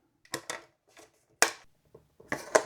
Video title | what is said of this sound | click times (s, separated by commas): Injora Jeep Body Swap on the TRX-4M - Worth It? | Looks like this just pops right in. | 1.4 s